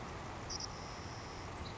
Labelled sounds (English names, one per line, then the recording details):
Savannah Sparrow
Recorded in Sonoma County, California